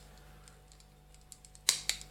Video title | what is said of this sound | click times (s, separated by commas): Fansproject Pinchar and Lepida aka Snarl review | click into place there and | 1.7 s, 1.9 s